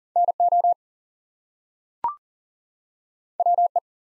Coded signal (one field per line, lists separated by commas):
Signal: Morse code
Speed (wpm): 40 wpm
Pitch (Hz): 700 Hz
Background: none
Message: NO WE